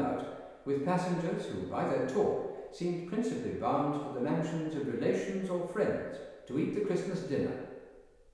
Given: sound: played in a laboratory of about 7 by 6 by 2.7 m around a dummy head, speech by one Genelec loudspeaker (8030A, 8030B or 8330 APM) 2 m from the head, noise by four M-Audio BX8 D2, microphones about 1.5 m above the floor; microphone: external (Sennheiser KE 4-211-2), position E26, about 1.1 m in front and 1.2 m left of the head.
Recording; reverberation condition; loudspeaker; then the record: male speech in English; high; in front (0 degrees)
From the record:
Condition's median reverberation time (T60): about 1300 ms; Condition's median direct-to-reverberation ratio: about -4.0 dB